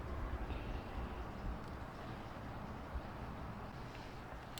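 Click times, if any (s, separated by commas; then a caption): 4.6 s. A flex fuel sensor harness connector is pushed straight up into the vehicle wiring connector in the engine bay of an MK 7.5 GTI, the same way the dummy plug was pulled out. Over a steady low vehicle rumble, it clicks into place at 4.6 seconds and is felt to seat, then it is tug-tested and confirmed seated.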